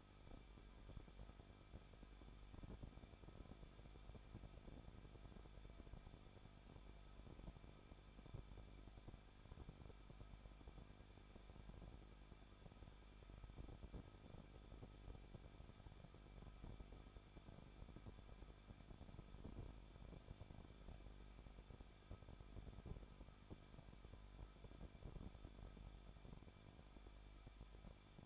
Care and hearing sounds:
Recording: daily activity, microphone in the room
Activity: no activity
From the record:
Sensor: 5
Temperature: 20.8 degrees Celsius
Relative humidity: 38.5%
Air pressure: 1006.5 hPa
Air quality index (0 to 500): 191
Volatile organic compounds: 20 ppm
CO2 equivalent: 2695 ppm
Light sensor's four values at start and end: 2/3/1/1 and 2/3/1/1

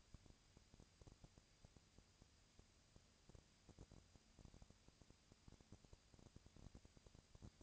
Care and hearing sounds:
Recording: daily activity, microphone in the room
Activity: no activity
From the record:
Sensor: 2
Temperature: 20.3 degrees Celsius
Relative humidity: 37.0%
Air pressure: 998.7 hPa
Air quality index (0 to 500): 236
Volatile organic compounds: 38 ppm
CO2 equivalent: 3111 ppm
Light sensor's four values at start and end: 2/3/2/2 and 2/3/2/2

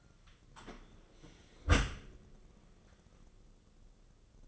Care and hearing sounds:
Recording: daily activity, microphone in the room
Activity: close dishwasher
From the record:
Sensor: 4

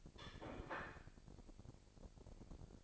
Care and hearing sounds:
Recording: daily activity, microphone in the room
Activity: place plate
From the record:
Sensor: 5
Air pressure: 1007.5 hPa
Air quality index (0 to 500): 88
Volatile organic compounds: 1 ppm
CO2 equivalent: 691 ppm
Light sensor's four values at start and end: 30/70/28/28 and 30/70/28/28

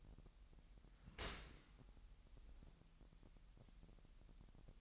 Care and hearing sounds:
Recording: daily activity, microphone in the room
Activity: open dishwasher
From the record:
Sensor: 3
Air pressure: 998.2 hPa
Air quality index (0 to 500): 149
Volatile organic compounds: 5 ppm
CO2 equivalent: 1788 ppm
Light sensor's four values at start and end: 13/38/15/14 and 13/38/15/14

